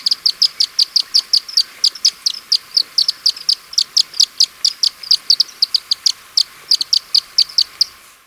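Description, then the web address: Andean tit-spinetail calls: thin, very high notes repeated rapidly and steadily over a soft hiss. Recorded in Ecuador. "Birds of Ecuador. Andean Tit-Spinetail"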